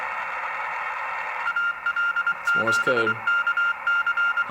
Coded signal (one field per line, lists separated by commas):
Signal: Morse code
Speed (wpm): 23 wpm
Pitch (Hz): 1400 Hz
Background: speech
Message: AL7KC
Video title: CW aka Morse Code on my Drake TR-4C SSB Transceiver